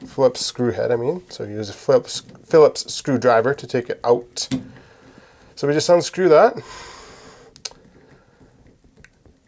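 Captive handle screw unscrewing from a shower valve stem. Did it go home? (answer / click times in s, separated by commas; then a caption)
released / 7.7 s. Someone talks while a Phillips screwdriver unscrews the captive Phillips screw in the middle of a Moen tub/shower valve handle on the valve stem. A sharp little click at 7.7 s shows the screw has come free of its threads while staying captive in the handle.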